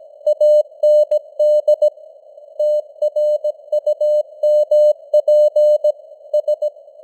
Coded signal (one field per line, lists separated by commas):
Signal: Morse code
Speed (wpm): 17 wpm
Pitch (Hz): 600 Hz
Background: none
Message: AND TRUMP S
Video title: Morse Code News | 2025-12-03 | 17wpm